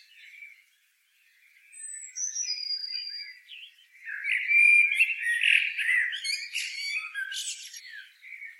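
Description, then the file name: Common blackbird giving a high thin whistle, then a pause and a long warbled, squeaky twitter with scratchy high notes toward the end. "Turdus merula"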